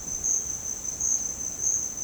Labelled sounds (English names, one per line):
none